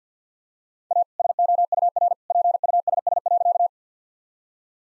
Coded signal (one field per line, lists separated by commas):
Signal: Morse code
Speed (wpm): 50 wpm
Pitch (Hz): 700 Hz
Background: none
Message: A SOUR PUSS.